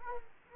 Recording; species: mosquito wingbeat signal from an infrared sensor; Culex quinquefasciatus